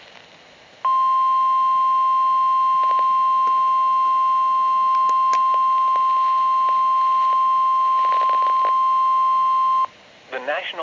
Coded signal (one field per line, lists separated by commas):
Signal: Emergency Alert System (SAME) tones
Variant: 1050 Hz attention tone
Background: speech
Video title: [EAS Timeline] South Carolina Tornado Outbreak 04-13-2020 EAS #37-46